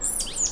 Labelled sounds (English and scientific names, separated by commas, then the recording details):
Stitchbird (Notiomystis cincta) song
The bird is a male
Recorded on Tiritiri Matangi Island, New Zealand, in 2005
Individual 1, of nest box 1